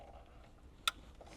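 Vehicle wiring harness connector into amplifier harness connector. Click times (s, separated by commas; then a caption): 0.9 s. A plastic vehicle wiring-harness connector is pressed firmly into the amplifier harness connector behind the radio of a 2024 Land Cruiser with JBL, fitting a Beat-Sonic USA Encore Alpha plug-and-play amplifier. It must be pushed hard to make a good connection. After quiet low background noise, a single sharp click at 0.9 s confirms the connector has seated.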